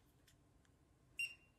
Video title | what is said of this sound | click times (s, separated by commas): Natural Ovulation Symptoms versus Mira Fertility Kit -- Which one wins? | and pop it in until it clicks | 1.2 s